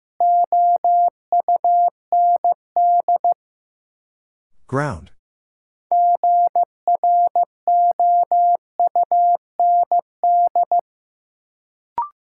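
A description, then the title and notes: A word is sent in Morse code as a steady mid-pitched beeping, broken by a brief swooping sound near five seconds and a final click. First, the word is sent in Morse code.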